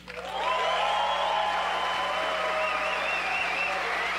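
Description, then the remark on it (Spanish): An audience breaks into a loud ovation for the trio of jazz figure Albert Tutti Heath at the opening of the ninth edition of the Festival Internacional Jazzuv 2019 in Xalapa, Mexico. The applause swells within half a second, then holds steady and dense, with no one speaking over it. “Pues bueno, ahí tienen ustedes la ovación que provoca justamente el hecho de saber que una figura tan importante del jazz se encuentre en Jalapa inaugurando la novena edición de YASUB 2019, Festival Internacional YASUB 2019.”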